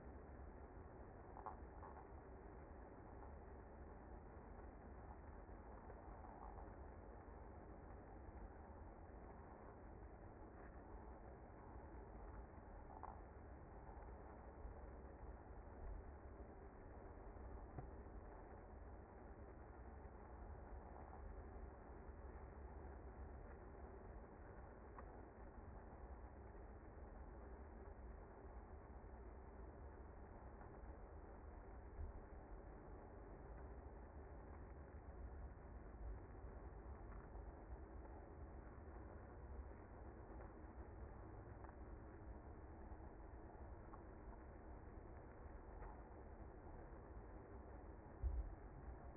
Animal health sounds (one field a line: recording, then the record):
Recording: honeybee colony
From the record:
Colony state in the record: active